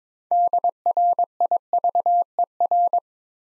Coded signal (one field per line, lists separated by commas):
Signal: Morse code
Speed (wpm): 22 wpm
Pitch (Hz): 700 Hz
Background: none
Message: DRIVER